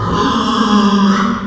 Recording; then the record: squeal of a Yucatan mini pig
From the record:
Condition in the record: after surgery on the right vocal fold (resection and tissue-engineered implant); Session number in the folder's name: 15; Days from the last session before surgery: 175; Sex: female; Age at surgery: 19 weeks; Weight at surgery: 25 kg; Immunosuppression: prednisolone